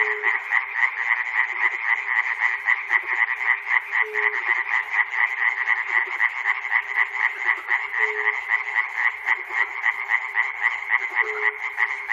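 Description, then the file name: Many frogs croaking together in a steady rapid pulse, unbroken throughout, with brief low tones appearing about every four seconds. Recorded at Chernobyl. "peter cusack-chernobyl frogs"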